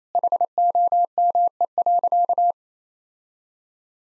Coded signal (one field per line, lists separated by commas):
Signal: Morse code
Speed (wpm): 28 wpm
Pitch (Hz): 700 Hz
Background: none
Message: HOME.